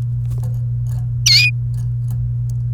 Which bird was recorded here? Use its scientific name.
Serinus canaria